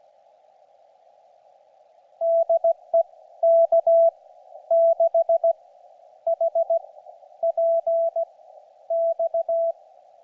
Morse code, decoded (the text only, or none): DE K6HPX